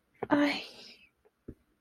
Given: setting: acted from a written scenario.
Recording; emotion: vocal sound without words; embarrassment